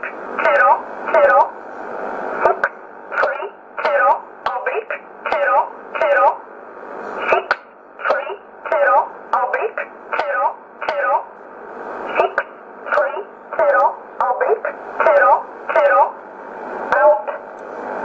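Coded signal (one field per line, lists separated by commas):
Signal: numbers station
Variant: E11 Oblique, English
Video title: 24 04 2020 E11 Oblique Numbers station in English 0716 on 9963 unknown tx site in USB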